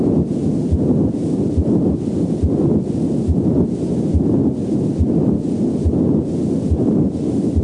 Patent ductus arteriosus murmur. The patent ductus arteriosus murmur is the prototype of continuous murmurs. It is caused by abnormal blood flow that occurs from the high-pressure aorta to the low-pressure pulmonary artery when the ductus remains open. Patent ductus arteriosus murmur is heard best over the entire left, first, and second intercostal spaces.